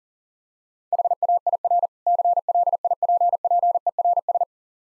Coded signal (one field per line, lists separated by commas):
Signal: Morse code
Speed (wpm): 41 wpm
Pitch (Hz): 700 Hz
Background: none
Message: HAIR CLIPPERS